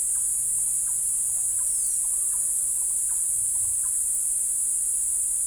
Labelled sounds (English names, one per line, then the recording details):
none
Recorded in forest near Pivijay, Magdalena, Colombia, on 2 June 2023 at 12:30
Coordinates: 10.467, -74.380
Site Z5-G034